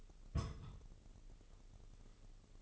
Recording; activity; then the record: daily activity, microphone in the room; place on stove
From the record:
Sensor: 4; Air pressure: 996.2 hPa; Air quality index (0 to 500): 77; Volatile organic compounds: 3 ppm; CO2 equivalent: 1437 ppm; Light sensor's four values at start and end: 19/51/19/21 and 19/51/19/21